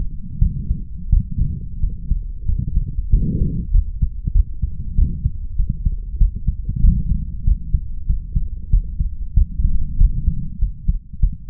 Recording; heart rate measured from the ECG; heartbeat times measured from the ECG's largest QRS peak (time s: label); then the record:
heart sounds by stethoscope; 94 bpm
0.38 s: heartbeat
1.09 s: heartbeat
1.79 s: heartbeat
2.45 s: heartbeat
3.09 s: heartbeat
3.70 s: heartbeat
4.31 s: heartbeat
4.94 s: heartbeat
5.55 s: heartbeat
6.17 s: heartbeat
6.80 s: heartbeat
7.43 s: heartbeat
8.05 s: heartbeat
8.69 s: heartbeat
9.33 s: heartbeat
9.96 s: heartbeat
10.58 s: heartbeat
11.19 s: heartbeat
From the record:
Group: healthy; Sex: male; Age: 21 years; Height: 180 cm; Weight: 67.5 kg